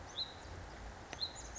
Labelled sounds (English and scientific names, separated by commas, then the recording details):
Hutton's Vireo (Vireo huttoni)
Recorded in Sonoma County, California